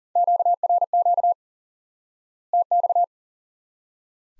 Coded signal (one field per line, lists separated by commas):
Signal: Morse code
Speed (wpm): 40 wpm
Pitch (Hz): 700 Hz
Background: none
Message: QRQ TX